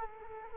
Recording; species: mosquito wingbeat signal from an infrared sensor; Culex quinquefasciatus